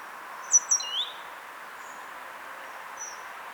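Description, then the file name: Great tit calling a brief high two-note phrase dropping to a lower note, then faint thin high notes later amid constant hiss. "Parus major"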